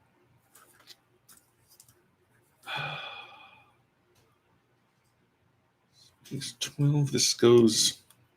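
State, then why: Not seated. A plastic model kit part is handled near its mating socket on a Wing Gundam Zero EW model, with a few faint clicks and a long breathy sigh before someone talks. The clip ends before the part is pressed in; nothing has seated or clicked yet.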